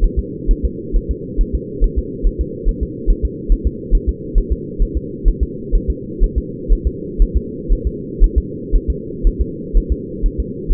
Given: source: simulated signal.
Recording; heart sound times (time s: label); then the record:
fetal heart sounds
0.04 s: S1
0.19 s: S2
0.51 s: S1
0.65 s: S2
0.96 s: S1
1.11 s: S2
1.41 s: S1
1.55 s: S2
1.84 s: S1
1.99 s: S2
2.27 s: S1
2.41 s: S2
2.69 s: S1
2.83 s: S2
3.10 s: S1
3.25 s: S2
3.52 s: S1
3.67 s: S2
3.95 s: S1
4.09 s: S2
4.38 s: S1
4.52 s: S2
4.82 s: S1
4.97 s: S2
5.28 s: S1
5.43 s: S2
5.75 s: S1
5.90 s: S2
6.23 s: S1
6.38 s: S2
6.72 s: S1
6.87 s: S2
7.22 s: S1
7.37 s: S2
7.72 s: S1
7.87 s: S2
8.24 s: S1
8.38 s: S2
8.75 s: S1
8.90 s: S2
9.27 s: S1
9.41 s: S2
9.77 s: S1
9.92 s: S2
10.26 s: S1
10.40 s: S2
10.72 s: S1
From the record:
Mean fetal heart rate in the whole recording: 130 bpm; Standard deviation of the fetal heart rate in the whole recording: 4 bpm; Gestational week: 38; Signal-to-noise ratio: -4.1 dB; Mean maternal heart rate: no maternal heart sound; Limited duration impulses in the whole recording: absent